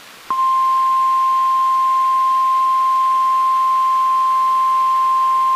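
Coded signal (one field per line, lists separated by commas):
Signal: Emergency Alert System (SAME) tones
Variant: 1050 Hz attention tone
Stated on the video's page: Mock recreation of a required weekly test originally sent by a NOAA weather radio transmitter.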